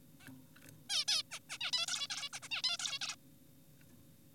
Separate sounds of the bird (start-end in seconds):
0.20-0.29, 0.90-1.05, 1.08-1.23, 1.31-1.40, 1.50-1.58, 1.61-1.71, 1.73-1.86, 1.87-2.07, 2.10-2.29, 2.33-2.40, 2.43-2.48, 2.51-2.62, 2.64-2.77, 2.80-2.99, 3.02-3.16